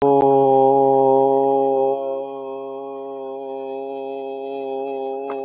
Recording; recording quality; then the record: sustained vowel as in boot; excellent, no background noise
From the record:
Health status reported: healthy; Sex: male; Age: 46 years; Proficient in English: yes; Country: India